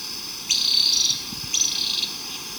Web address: Birds of Ecuador. Ecuadorian Tyrannulet